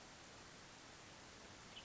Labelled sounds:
Western Tanager (Piranga ludoviciana)
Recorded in Sonoma County, California

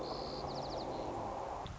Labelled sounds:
White-crowned Sparrow (Zonotrichia leucophrys)
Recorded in Sonoma County, California

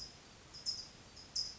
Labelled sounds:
California Towhee (Melozone crissalis)
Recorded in Sonoma County, California

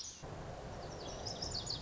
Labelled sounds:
Lazuli Bunting (Passerina amoena)
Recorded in Sonoma County, California

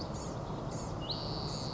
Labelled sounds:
Blue-gray Gnatcatcher (Polioptila caerulea)
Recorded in Sonoma County, California

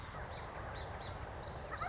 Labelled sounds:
Song Sparrow (Melospiza melodia)
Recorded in Sonoma County, California

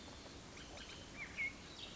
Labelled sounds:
Bullock's Oriole (Icterus bullockii)
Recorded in Sonoma County, California

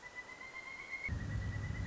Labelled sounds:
Pileated Woodpecker (Dryocopus pileatus)
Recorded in Sonoma County, California

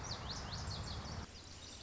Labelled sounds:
Lazuli Bunting (Passerina amoena)
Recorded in Sonoma County, California

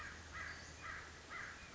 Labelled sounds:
American Crow (Corvus brachyrhynchos)
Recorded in Sonoma County, California

